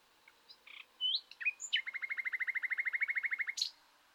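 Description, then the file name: Common nightingale song: scattered whistles and chirps leading into a long, even, rapid series of repeated clicking notes, ending with a sharp high note. "Luscinia megarhynchos"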